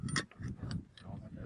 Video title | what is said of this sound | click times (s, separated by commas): Special Missions Aviation Airmen Prep Pave Hawk Helicopter | So now it's in there. Hear that click. Then you look down in there, and the fire pin's released. | 0.2 s